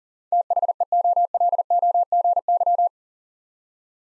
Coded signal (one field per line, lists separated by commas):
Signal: Morse code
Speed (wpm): 40 wpm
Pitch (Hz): 700 Hz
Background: none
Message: THEOLOGY